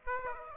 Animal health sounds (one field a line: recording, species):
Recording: mosquito wingbeat signal from an infrared sensor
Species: Aedes aegypti